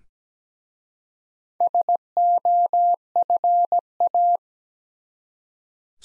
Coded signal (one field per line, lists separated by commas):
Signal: Morse code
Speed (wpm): 17 wpm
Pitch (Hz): 700 Hz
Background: none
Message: SOFA